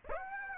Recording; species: mosquito wingbeat signal from an infrared sensor; Aedes aegypti